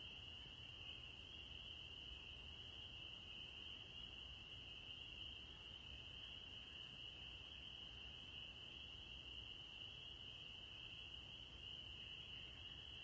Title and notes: April 9, 2021. the spring peepers have returned! I’ve recorded their evening symphony